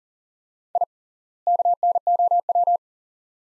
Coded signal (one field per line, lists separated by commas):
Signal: Morse code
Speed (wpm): 40 wpm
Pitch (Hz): 700 Hz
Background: none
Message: I KNOW